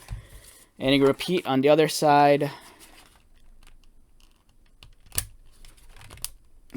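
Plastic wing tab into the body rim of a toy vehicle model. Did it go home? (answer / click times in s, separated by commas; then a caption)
yes / 6.2 s. Someone talks, then handles a plastic Ghost vehicle toy, lining up the tab of its second wing with the gap in the body rim and pressing it in. Small handling taps follow, and a sharp snap at 6.2 seconds marks the wing tab seating in the rim for good, so it cannot be taken out again.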